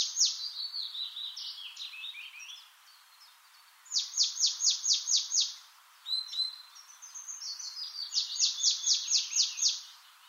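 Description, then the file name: Marsh tit with thin sliding notes, then two bursts of rapid, evenly repeated high downward notes with fainter sliding notes between. "Poecile palustris"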